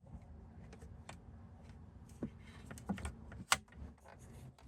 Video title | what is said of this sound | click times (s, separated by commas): Transform Your Tesla Experience: Premium Under-Screen Storage Organiser! | Okay, looks like it's snapped in place, and I'm telling you, this thing is not going anywhere. | 3.5 s